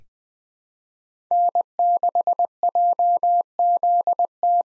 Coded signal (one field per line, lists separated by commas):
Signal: Morse code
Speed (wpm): 20 wpm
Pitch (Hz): 700 Hz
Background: none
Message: N6JZT